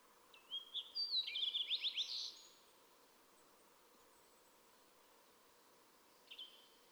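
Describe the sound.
Fox Sparrow song: a quick run of bright, slurred whistled notes sweeping up and down for about two seconds, then quiet, then a short clipped note near the end.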